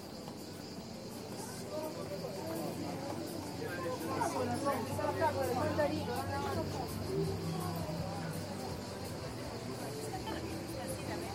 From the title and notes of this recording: Taormina, Sicily, Italy. Enregistrements audio réalisés en milieu urbain.